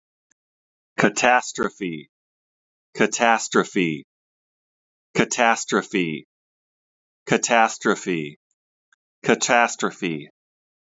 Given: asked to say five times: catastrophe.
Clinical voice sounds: repeated word; male; 50 to 59 years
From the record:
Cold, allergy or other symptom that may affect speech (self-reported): no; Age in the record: 51 years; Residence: Washington, United States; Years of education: 14

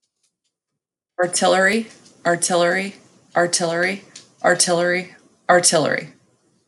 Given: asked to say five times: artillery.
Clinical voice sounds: repeated word; female; 30 to 39 years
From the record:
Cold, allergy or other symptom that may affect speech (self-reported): no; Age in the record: 35 years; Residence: United States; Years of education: 12

